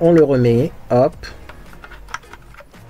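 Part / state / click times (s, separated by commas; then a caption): plastic back cover on an automatic spray fragrance diffuser / seated / 2.1 s. Someone talks as the plastic back cover is put back onto an automatic spray fragrance diffuser, followed by a series of small plastic handling clicks. A sharper click at 2.1 s marks the cover locking firmly back in place.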